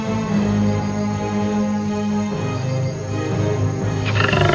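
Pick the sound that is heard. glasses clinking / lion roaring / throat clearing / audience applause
lion roaring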